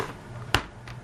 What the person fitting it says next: probably heard that click yep so it's clicked in position